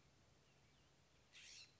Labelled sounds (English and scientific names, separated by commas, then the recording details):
California Scrub-Jay (Aphelocoma californica)
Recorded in Sonoma County, California